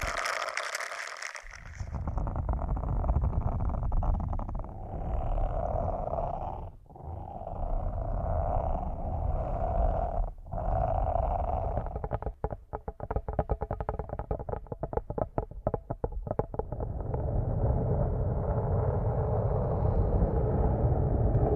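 ASMR massage triggers recorded through headphones used as a mic: a short bright hiss opens, then a dense, low, purring rub continues with brief pauses near seven and ten seconds. Around twelve to seventeen seconds, rapid crackly tapping joins before steady rubbing returns.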